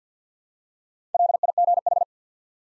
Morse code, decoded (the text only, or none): LIGH